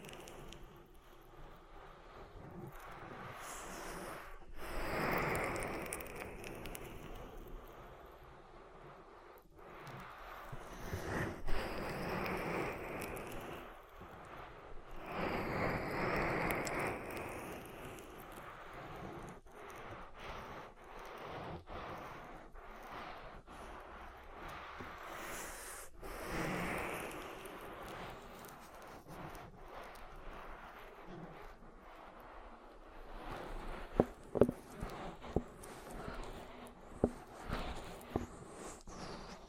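Slick, rubbing oil ear massage, with soft squelching and swishing strokes that swell and fade in waves, loudest around 5, 12–16 and 26 seconds. Sharp clicks and taps break in now and then, clustering near 34–38 seconds, over a low steady rumble.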